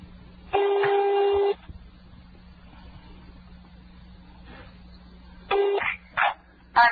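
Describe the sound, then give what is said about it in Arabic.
A landline telephone ringback tone on a call to a landline number in Rafah: a steady, buzzy tone lasting about a second, then a long gap filled with low hum before the tone starts again, followed by short clipped bursts. “أي هذا قاعد يرن، بس ما أدري بعد الصوت واضح عند المشاهدين ولا لا.”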